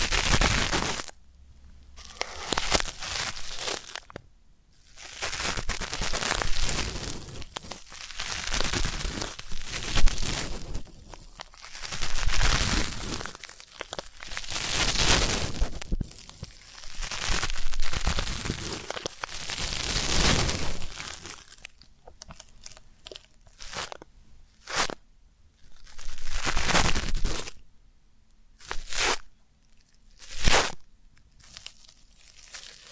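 Ear cleaning sounds made up of scratchy, crunchy rustles that swell and fade every second or two, with crackly friction in between. After about twenty seconds the rustling thins out, leaving quieter gaps broken by short, sharp scrapes and pops.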